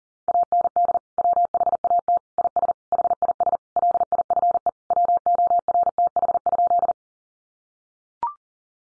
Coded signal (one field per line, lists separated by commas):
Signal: Morse code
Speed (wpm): 40 wpm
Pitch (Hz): 700 Hz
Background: none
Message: AND WHAT IS HIS LIFE WORTH?